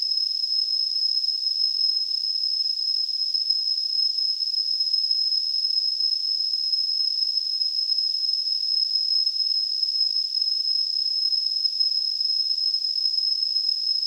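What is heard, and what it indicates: Simulated tinnitus from a device: a steady, unbroken high-pitched tone near 5 kHz over a faint band of hiss above about 2.5 kHz, with no low-frequency content, constant in level throughout.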